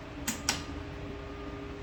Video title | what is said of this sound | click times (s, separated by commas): Summit Overview | those are out of frame of course but they keep going they lock into place like that then when you're done hammocking | 0.5 s